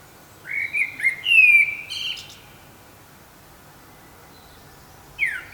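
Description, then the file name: Common blackbird giving one short fluty whistled phrase that ends in a high scratchy flourish, then quiet, and the start of another phrase at the end. "Turdus merula"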